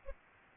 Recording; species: mosquito wingbeat signal from an infrared sensor; Aedes albopictus